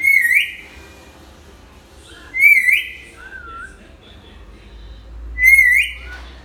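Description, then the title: Hill myna whistles, three wavering whistled phrases a few seconds apart, some followed by a softer lower note. Tutor recording of a vocal hill myna used for training other birds to sing. "Suara Burung Beo Gacor Cocok Untuk Masteran"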